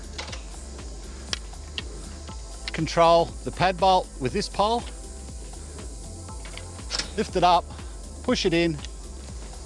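A metal pad bolt (barrel bolt) on an MDC Robson XTT hybrid camper trailer is lifted with a pole and pushed in to lock the solar panel. Someone talks over background music, with short sharp taps at about 1.3, 1.8, 2.7, 6.6 and 7.0 seconds. The bolt has not locked into place yet.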